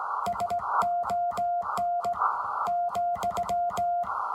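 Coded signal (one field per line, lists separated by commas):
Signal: Morse code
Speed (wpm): 16 wpm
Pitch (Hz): 700 Hz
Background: music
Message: SON ,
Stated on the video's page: Amateur radio Morse contact on Memorial Day using a Ten-Tec 506 Rebel.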